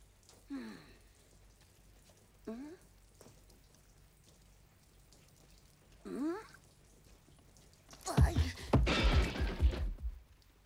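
Rain patters softly beneath a few short vocal cries, then a heavy, hissing rush of downpour swells loudly for about two seconds before cutting off.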